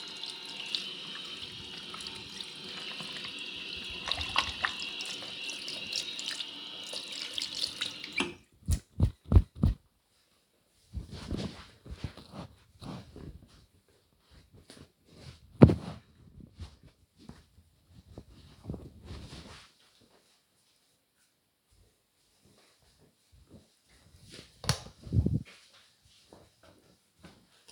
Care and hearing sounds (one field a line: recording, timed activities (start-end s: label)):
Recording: household activities, microphone on the right wrist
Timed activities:
0.00-10.01 s: washing hands